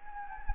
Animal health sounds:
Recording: mosquito wingbeat signal from an infrared sensor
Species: Anopheles gambiae

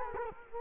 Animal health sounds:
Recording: mosquito wingbeat signal from an infrared sensor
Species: Culex quinquefasciatus

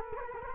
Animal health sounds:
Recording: mosquito wingbeat signal from an infrared sensor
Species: Culex quinquefasciatus

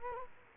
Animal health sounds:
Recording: mosquito wingbeat signal from an infrared sensor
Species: Culex quinquefasciatus

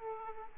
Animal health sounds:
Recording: mosquito wingbeat signal from an infrared sensor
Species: Aedes aegypti

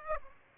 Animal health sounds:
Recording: mosquito wingbeat signal from an infrared sensor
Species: Aedes aegypti

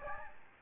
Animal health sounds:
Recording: mosquito wingbeat signal from an infrared sensor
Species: Aedes albopictus

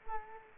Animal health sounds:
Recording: mosquito wingbeat signal from an infrared sensor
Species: Culex quinquefasciatus

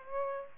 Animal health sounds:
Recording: mosquito wingbeat signal from an infrared sensor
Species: Aedes aegypti

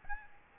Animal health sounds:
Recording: mosquito wingbeat signal from an infrared sensor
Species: Aedes albopictus

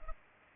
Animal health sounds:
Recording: mosquito wingbeat signal from an infrared sensor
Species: Culex pipiens

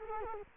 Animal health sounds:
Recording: mosquito wingbeat signal from an infrared sensor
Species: Culex quinquefasciatus

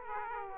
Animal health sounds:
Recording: mosquito wingbeat signal from an infrared sensor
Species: Aedes aegypti

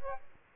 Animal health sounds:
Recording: mosquito wingbeat signal from an infrared sensor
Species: Aedes albopictus

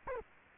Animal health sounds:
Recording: mosquito wingbeat signal from an infrared sensor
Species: Culex quinquefasciatus

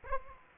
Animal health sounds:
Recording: mosquito wingbeat signal from an infrared sensor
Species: Aedes aegypti

